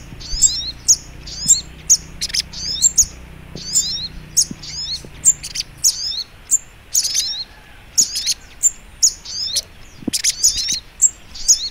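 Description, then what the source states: Little Spiderhunter singing a steady run of high, squeaky chirps and quick slurred notes with crisp clicking accents, repeated throughout, with faint low hum early on. Masteran training recording, labelled Labaik.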